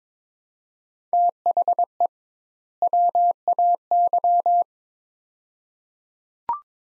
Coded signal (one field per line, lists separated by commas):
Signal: Morse code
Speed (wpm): 22 wpm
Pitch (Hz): 700 Hz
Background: none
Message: THE WAY